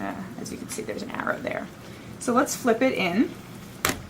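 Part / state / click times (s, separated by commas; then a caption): netbook swivel screen into locked tablet position on the base / seated / 3.8 s. Someone talks as the swivel screen of a Gigabyte M912 convertible netbook is rotated on its hinge and flipped down onto the base into tablet mode. At 3.9 s the screen snaps into place with a sharp click, locking securely in the tablet position without wobble.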